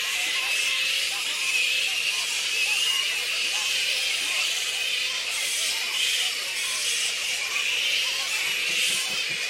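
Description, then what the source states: Black flying fox colony: a continuous high, hissing din of many squeaks and chatters, with no single call standing apart for long. A colony of black fruit bats (Pteropus alecto) squeaking.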